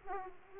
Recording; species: mosquito wingbeat signal from an infrared sensor; Aedes aegypti